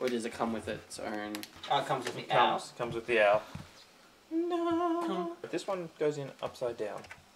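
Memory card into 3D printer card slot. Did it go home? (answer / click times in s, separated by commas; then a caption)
no / none. A memory card is being handled at the card slot of a 3D printer, to be pushed in upside down. Someone talks and hums over it, and a sustained hummed tone is heard around 4.3–5.5 seconds. Nothing has seated or clicked yet.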